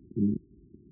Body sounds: neck accelerometer signal played as sound; no cough (speech, laughter, throat clearing or background)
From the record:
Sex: female

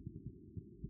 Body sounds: neck accelerometer signal played as sound; no cough (speech, laughter, throat clearing or background)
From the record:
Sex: male

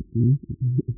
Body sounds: neck accelerometer signal played as sound; no cough (speech, laughter, throat clearing or background)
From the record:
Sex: female

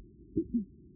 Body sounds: neck accelerometer signal played as sound; voluntary cough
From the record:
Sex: female

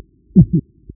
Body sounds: neck accelerometer signal played as sound; voluntary cough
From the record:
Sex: male

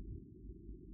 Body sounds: neck accelerometer signal played as sound; no cough (speech, laughter, throat clearing or background)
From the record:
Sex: male

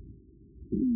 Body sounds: neck accelerometer signal played as sound; no cough (speech, laughter, throat clearing or background)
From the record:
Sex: male

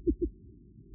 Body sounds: neck accelerometer signal played as sound; no cough (speech, laughter, throat clearing or background)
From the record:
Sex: female

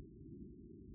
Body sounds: neck accelerometer signal played as sound; no cough (speech, laughter, throat clearing or background)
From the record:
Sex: male

